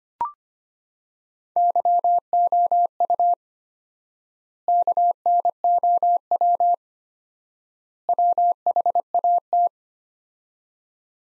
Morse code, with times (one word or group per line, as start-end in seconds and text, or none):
1.6-3.3 YOU
4.7-6.7 KNOW
8.1-9.7 WHAT